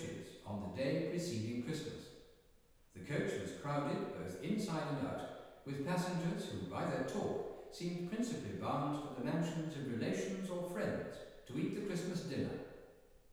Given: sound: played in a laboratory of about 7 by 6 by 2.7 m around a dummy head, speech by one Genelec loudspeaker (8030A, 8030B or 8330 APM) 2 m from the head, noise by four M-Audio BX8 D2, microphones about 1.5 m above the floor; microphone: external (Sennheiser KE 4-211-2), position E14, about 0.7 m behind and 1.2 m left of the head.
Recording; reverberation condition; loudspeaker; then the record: male speech in English; high; 30 degrees to the right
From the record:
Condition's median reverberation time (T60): about 1300 ms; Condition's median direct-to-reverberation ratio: about -4.0 dB